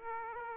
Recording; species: mosquito wingbeat signal from an infrared sensor; Aedes aegypti